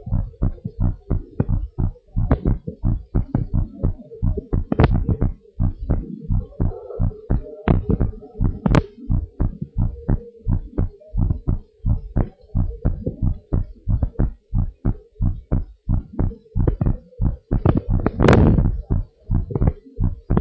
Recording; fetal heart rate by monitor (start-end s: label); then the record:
heart sounds of a pregnant woman by stethoscope
no fetal heartbeat
From the record:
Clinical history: hypothyroidism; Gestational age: 40 weeks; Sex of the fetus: girl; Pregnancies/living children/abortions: 1/0/0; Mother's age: 25 years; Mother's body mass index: 25.4